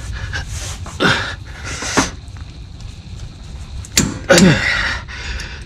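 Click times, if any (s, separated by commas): 4.0 s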